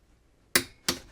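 A 3/8-drive click-type torque wrench (10–45 ft-lb) is pulled on a bolt until it reaches its preset torque and gives a sharp click at 0.6 s, followed by a second, slightly quieter snap at 0.9 s. The wrench has broken at its set torque, confirming the bolt is torqued properly.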